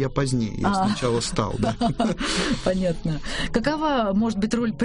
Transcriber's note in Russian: смеется